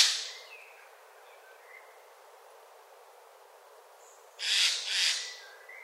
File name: Garrulus glandarius